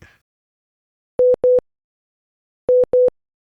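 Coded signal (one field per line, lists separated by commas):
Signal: none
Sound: program segment transition beeps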